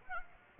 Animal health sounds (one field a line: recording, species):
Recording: mosquito wingbeat signal from an infrared sensor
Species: Aedes aegypti